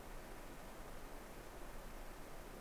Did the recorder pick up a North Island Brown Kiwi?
no